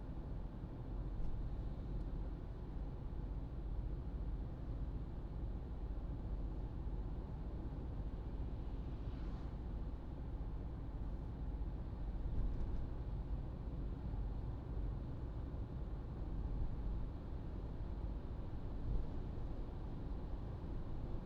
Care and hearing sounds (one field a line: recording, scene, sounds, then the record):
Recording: everyday scene through a hearing-aid microphone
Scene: in a vehicle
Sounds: engine, traffic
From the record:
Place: Berlingo II, diesel engine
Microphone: in the ear canal, right